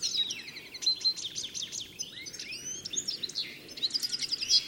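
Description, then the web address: Bird calls of repeated sharp chirps and slurred whistles, overlapping and steady, over faint low background noise. "Deverinetal. Bird Only"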